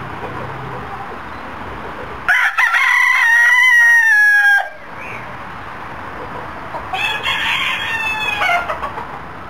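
Chicken crowing: a rooster gives one long loud crow, followed later by a second, rougher crow over a noisy background.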